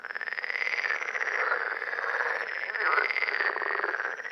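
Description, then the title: Common parsley frog chorus: many overlapping pulsed, rattling croaks forming a continuous dense sound throughout. Several frogs at Lerouville, Lorraine, France, on 5 June 2022. "Parsley-Frogs-Lerouville-Lorraine-France-05 06 2022"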